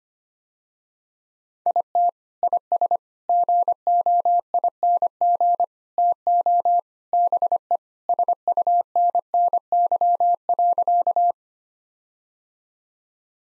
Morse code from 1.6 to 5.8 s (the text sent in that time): IT IS GOING